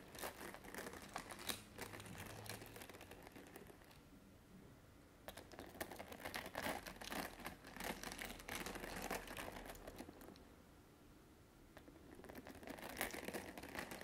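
Long nails tap and scratch on objects in dense, uneven clusters of clicks and scrapes, with quieter pauses around four and eleven seconds.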